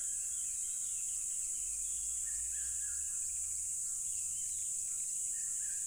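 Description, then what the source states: Crickets sing in a continuous, piercing, high chorus without pauses, with soft bird chirps and a low rumble beneath. Loud crickets recorded at a tropical river.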